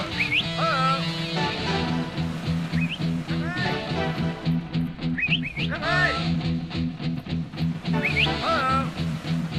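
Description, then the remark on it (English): A person whistles in short, rising chirps to say hello to a stranger on an online game server, repeated in quick bursts several times over a steady, busy background with a low droning hum. “I'm whistling and saying hello to some stranger.”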